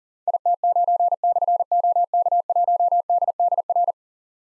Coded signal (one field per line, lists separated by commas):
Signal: Morse code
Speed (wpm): 40 wpm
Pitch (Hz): 700 Hz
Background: none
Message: IT9/OK1DDR